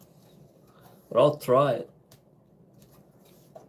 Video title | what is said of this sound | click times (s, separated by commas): Dual $10k Command Center build (part 2) | It's It doesn't snap. | none